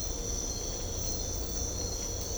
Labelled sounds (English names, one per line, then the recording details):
none
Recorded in secondary vegetation near Puerto Asís, Putumayo, Colombia, on 18 December 2024 at 05:30
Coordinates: 0.500, -76.326
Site G065